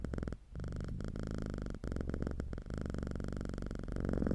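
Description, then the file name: Cat purring, a continuous low rumbling throb broken by brief pauses for breath. "Calm - Purring Cat"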